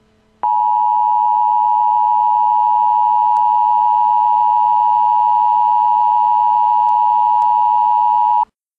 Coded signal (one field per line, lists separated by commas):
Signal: Emergency Alert System (SAME) tones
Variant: 853 and 960 Hz attention tone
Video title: EAS CEM: NYC Bomb Scare from May 1, 2010